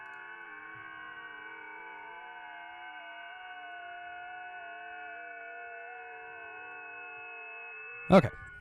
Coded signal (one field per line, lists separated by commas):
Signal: FT8